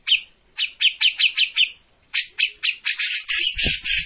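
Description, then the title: Grey-cheeked bulbul giving evenly spaced sharp chattering notes, then a run of drawn-out rasping notes at the end. Singing continuously (gacor); used as a master for bird training. "Cucak Jenggot Gacor. Masteran burung cucak jenggot ! Suaka burung"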